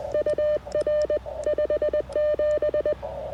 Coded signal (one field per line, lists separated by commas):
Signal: Morse code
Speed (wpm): 20 wpm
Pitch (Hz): 600 Hz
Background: none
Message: UR 57